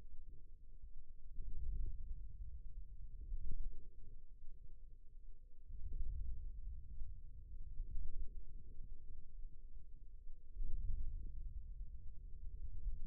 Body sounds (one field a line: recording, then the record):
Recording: forearm muscle sounds (acoustic myography)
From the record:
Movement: wrist extension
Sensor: system 2, bracelet of six BSWA MPA416 microphones around the upper forearm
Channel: 3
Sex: male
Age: 22 years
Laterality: right